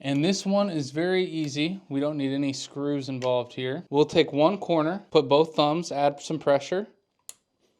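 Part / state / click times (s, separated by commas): cooler push pin into motherboard mounting hole / seated / 7.3 s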